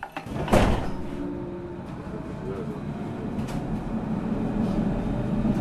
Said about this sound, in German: Eine volle S-Bahn in Berlin. Kaum Platz zum Atmen. Dazu die Hitze. Es riecht nach Schweiß. Der Zug kommt kaum voran, ist schon 15 Minuten hinter seinem Zeitplan.